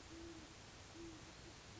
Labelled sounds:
Great Horned Owl
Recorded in Sonoma County, California

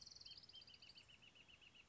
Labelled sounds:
Wrentit
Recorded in Sonoma County, California

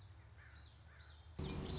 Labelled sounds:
Common Yellowthroat
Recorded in Sonoma County, California

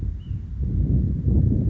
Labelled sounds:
Ash-throated Flycatcher
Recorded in Sonoma County, California

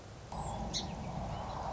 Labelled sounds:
Song Sparrow
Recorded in Sonoma County, California

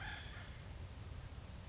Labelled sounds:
Acorn Woodpecker
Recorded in Sonoma County, California

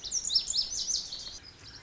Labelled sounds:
Lazuli Bunting
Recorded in Sonoma County, California

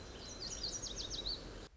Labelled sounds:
Lazuli Bunting
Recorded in Sonoma County, California

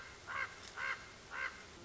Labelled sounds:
Common Raven
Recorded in Sonoma County, California

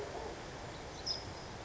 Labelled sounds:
California Towhee
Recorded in Sonoma County, California

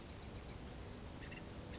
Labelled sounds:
Bewick's Wren
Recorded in Sonoma County, California

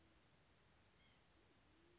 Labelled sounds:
White-breasted Nuthatch
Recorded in Sonoma County, California

